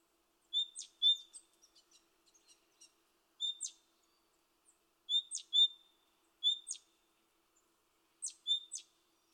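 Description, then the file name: Great tit calls: high, ringing two-note phrases with sharp flicks, repeated with pauses, and faint soft ticks between. "Parus major"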